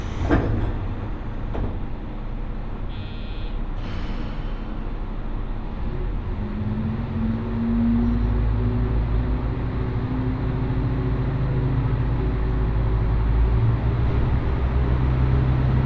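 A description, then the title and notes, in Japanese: A ride aboard the Mizushima Rinkai Railway: steady low rumble of the train with a rising hum from about six seconds, plus a few early clunks. 耳で楽しむ鉄道旅 水島臨海鉄道 倉敷市→三菱自工前。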